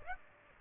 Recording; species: mosquito wingbeat signal from an infrared sensor; Aedes aegypti